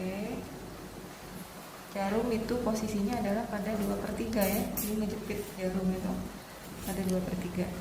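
A suture needle is being clamped at two-thirds of its length in a metal needle holder with a ratchet. Someone talks throughout while handling it. Nothing has seated or clicked yet.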